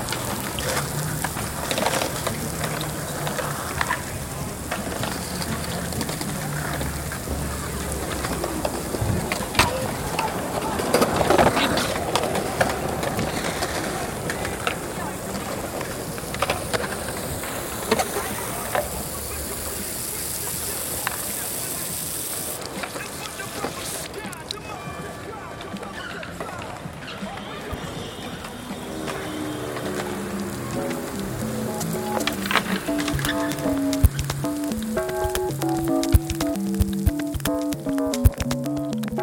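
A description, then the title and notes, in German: Outdoor city soundscape at a memorial on a public square: a steady, dense wash of traffic and open-air murmur with voices drifting in and out. Around twenty-three seconds the bright hiss drops away, and later a rising, stepped tone sounds alongside scattered sharp clicks. Die Soundscape vom Befreiungsdenkmal am Landhausplatz in Innsbruck.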